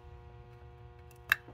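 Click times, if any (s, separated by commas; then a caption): 1.3 s. On a 2002 Volvo V70 2.4T, the electrical wiring connector is pushed one-handed onto a replacement exhaust camshaft position sensor, a repair made after a P0016 code. Over a steady low hum with steady tones, a faint tick comes at 1.1 s, then one sharp, loud click at 1.3 s. The connector is confirmed seated.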